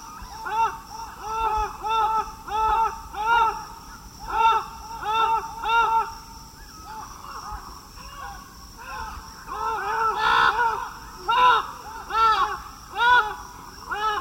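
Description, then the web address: Festive amazon giving harsh, arched squawking calls in quick repeated bursts, roughly one or two per second, often in doubled notes, with a louder jumble of overlapping calls later on. South America, eastern lowlands. "Natures Songs S America Eastern Lowlands. Festive Amazon"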